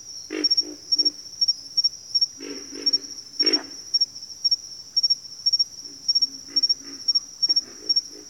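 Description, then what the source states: Pig frog grunts, deep rough croaks in repeated groups with a few loud strokes, set against an unbroken high insect chorus. Several pig frogs calling in a bayou.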